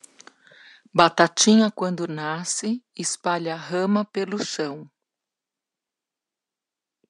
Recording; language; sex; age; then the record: short text; Brazilian Portuguese; female; 60 to 69 years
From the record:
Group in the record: control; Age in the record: 60 years